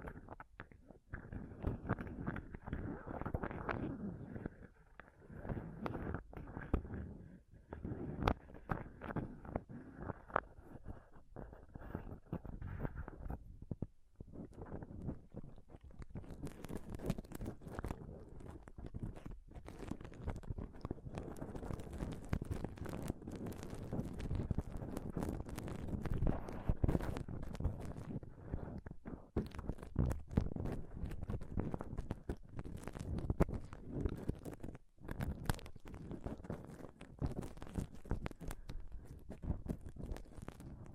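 Scratching and touching on a microphone, a dense, restless run of rough rubbing and scraping with frequent sharp clicks and bumps. The first fifteen seconds sound duller and more muffled, then the scratching turns brighter and hissier, with short pauses and thuds scattered throughout.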